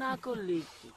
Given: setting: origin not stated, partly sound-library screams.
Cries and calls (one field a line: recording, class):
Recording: one-second piece from a danger detection set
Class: normal situation